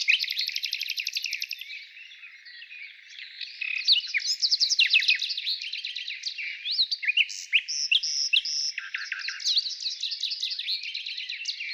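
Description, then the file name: Nightingale song, a dense run of rapid trills, sharp chirps and repeated notes, continuous with hardly a pause. Morning song. "Utro i solovey"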